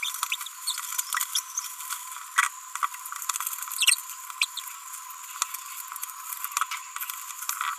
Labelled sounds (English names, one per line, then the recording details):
Green-rumped Parrotlet babbling
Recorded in a nest box in Venezuela
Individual 18B25A4